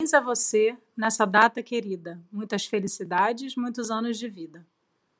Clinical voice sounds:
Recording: short text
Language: Brazilian Portuguese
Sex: female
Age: 40 to 49 years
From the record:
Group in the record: control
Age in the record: 43 years

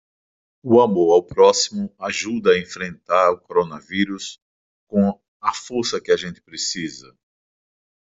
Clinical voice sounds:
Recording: spoken sentence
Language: Brazilian Portuguese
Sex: male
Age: 60 to 69 years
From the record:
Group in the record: control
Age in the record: 61 years

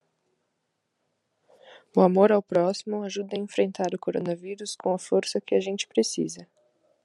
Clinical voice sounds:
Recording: spoken sentence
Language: Brazilian Portuguese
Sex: female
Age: 20 to 29 years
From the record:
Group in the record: control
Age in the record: 23 years

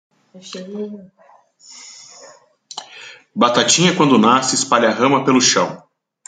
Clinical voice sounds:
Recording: short text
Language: Brazilian Portuguese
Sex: male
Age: 30 to 39 years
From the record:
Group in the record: control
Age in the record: 36 years

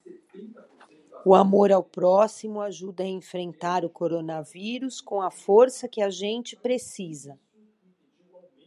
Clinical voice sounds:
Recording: spoken sentence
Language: Brazilian Portuguese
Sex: female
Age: 50 to 59 years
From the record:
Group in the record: control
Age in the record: 50 years

